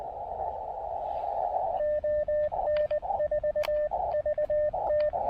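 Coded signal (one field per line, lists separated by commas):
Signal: Morse code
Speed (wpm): 19 wpm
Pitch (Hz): 600 Hz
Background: radio noise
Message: ON4VT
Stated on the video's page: Parks on the Air CW activation on 20, 30 and 17 meters.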